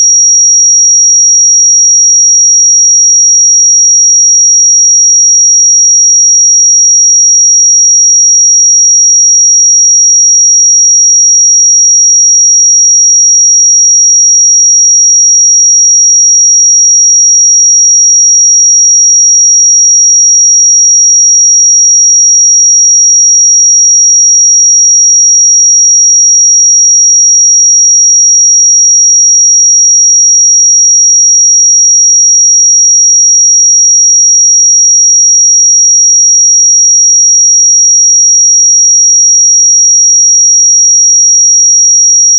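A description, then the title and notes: A pure sine tone at 5684 Hz holds perfectly steady for the whole clip, thin and piercingly high. Its loudness never changes, with no wavering, breaks or other sounds around it, just one unbroken whistle-like pitch. 5684 Hz 1 Hz Interval Sine Pure Tone Frequency 441000 Sample Mono.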